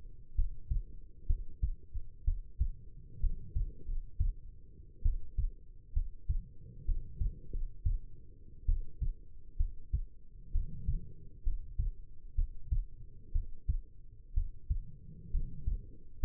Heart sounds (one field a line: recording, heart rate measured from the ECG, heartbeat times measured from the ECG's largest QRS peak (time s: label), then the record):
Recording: heart sounds by stethoscope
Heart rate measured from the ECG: 64 bpm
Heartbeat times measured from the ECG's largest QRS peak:
0.34 s: heartbeat
1.26 s: heartbeat
2.24 s: heartbeat
3.19 s: heartbeat
3.85 s: heartbeat
5.02 s: heartbeat
5.93 s: heartbeat
6.84 s: heartbeat
7.50 s: heartbeat
8.65 s: heartbeat
9.56 s: heartbeat
10.51 s: heartbeat
11.43 s: heartbeat
12.35 s: heartbeat
13.32 s: heartbeat
14.33 s: heartbeat
15.30 s: heartbeat
16.19 s: heartbeat
From the record:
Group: healthy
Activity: rest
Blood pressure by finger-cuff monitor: 115/73 mmHg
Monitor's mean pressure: 87 mmHg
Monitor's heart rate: 65 bpm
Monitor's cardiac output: 5.4 L/min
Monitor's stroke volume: 83 mL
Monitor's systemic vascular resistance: 1170 dyn s/cm5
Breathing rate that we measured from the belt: 15 breaths a minute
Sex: female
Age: 22 years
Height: 171 cm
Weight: 65.6 kg